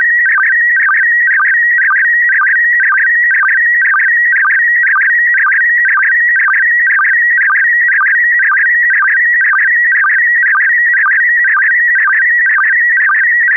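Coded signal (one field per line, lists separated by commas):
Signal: SSTV (slow-scan television)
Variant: PD120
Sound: continuous warbling tone between mid pitches, with short low sync chirps about twice a second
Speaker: yep yep absolutely it's going to be PD 120 PD 120.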